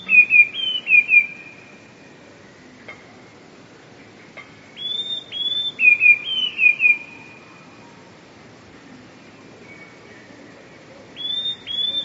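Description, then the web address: Eurasian blue tit song, high notes dropping into a short tinkling trill: the end of one phrase, a full phrase, then the start of another, several seconds apart, with a couple of faint clicks. "wroblowe teka 2 spiew. wroblowe teka modraszkoteka"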